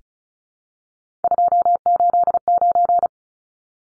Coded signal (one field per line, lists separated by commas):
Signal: Morse code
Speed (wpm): 34 wpm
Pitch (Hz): 700 Hz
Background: none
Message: 289